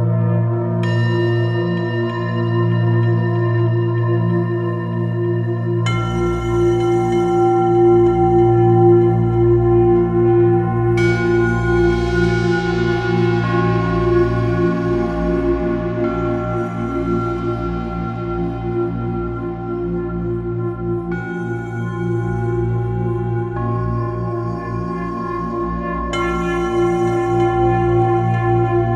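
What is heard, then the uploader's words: Two singing bowl tones hum together in a steady, sustained drone, with a low beating pulse underneath. New strikes bloom at about 6, 11, 16, 21 and 26 seconds, each adding bright ringing overtones that slowly fade while the low hum stays constant. Two singing bowl patches (A#2 and E3) from the sound library Falcons Singles - Singing Bowls & Friends, switching articulations (beaten/bowed/rubbed/combined) with the installed key-switches, automating plenty of Macros in Logic X, no additional effects were used, 100% UVI Falcon.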